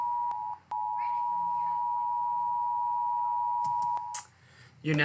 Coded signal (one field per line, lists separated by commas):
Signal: Emergency Alert System (SAME) tones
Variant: 853 and 960 Hz attention tone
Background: speech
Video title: Rating eas Alarms (Fianally)